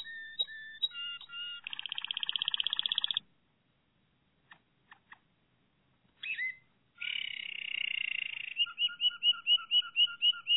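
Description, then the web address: Canary (Malinois Waterslager): canary singing in bursts: clipped whistles, a buzzing roll, a pause with faint clicks, then a rich gurgling trill and a string of bubbling double notes. Malinois (Waterslager) breed of domestic canary, song. "~joaopt canarios racas canto malinoiss"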